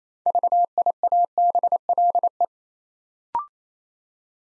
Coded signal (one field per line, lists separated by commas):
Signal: Morse code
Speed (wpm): 27 wpm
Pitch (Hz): 700 Hz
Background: none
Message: VIABLE